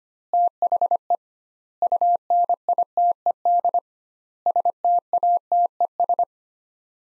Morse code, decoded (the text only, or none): THE UNITED STATES